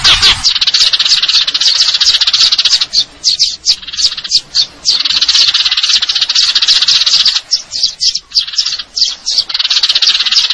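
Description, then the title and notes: Eurasian tree sparrow chattering song: dense, continuous high chirps and rattling trills with brief pauses, loud throughout. Fighting-style song with long trills and clear sound, a training (masteran) recording for contest birds. "GEREJA TARUNG NEMBAK PANJANG SUARA JERNIH MASTERAN WAJIB BURUNG LOMBA. Burung Gereja"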